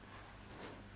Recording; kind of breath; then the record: one breath in and out by a microphone near the nose and mouth; strong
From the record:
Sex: male